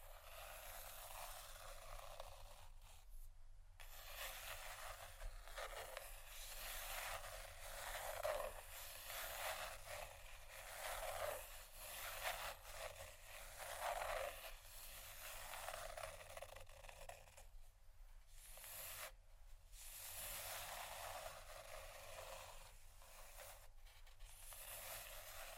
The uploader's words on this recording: ASMR Sleep Session Soft, Tapping, Cardboard, Massage, Scratching, Silicone, Etc. (No Talking).